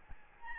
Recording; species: mosquito wingbeat signal from an infrared sensor; Aedes albopictus